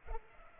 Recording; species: mosquito wingbeat signal from an infrared sensor; Culex pipiens